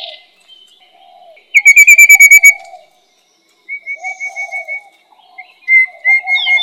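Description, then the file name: Rufous-capped babbler song: runs of several quick, evenly spaced piping notes on one pitch, repeated after pauses, with softer low warbling notes. "山紅頭"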